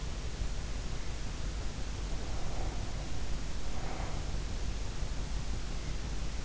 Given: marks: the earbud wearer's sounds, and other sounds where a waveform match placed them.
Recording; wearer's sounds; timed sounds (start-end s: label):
sounds in sleep by an in-ear microphone; breath
1.80-4.54 s: breath